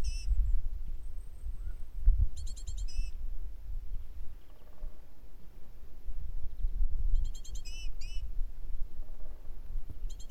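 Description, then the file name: Great tit giving a few short bursts of stacked, ringing notes spaced several seconds apart, over a low background rumble. "Parus major"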